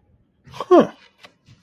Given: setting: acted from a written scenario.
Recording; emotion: vocal sound without words; interest